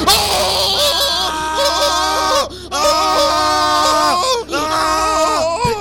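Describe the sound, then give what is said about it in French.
A mayor screams in fright over what he takes for a power cut: three long, loud, wavering cries, each sustained for over a second and separated by brief gasping pauses. “Pourquoi criez-vous, monsieur le maire ?”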